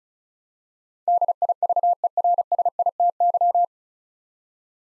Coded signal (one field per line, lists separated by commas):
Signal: Morse code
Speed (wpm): 34 wpm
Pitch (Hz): 700 Hz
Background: none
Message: DIVERSITY